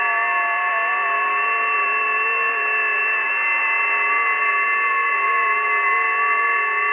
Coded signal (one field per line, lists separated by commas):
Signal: FT8